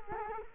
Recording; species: mosquito wingbeat signal from an infrared sensor; Culex quinquefasciatus